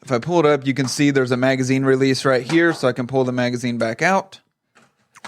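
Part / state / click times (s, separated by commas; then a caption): rifle magazine into magazine speedloader holder / seated / 5.2 s. Someone talks while pulling a rifle magazine out of a magazine speedloader's holder using its magazine release. After the talking stops, faint handling sounds follow, and the magazine is slid back in and snaps into the holder at 5.3 s, seated so it will not move during loading.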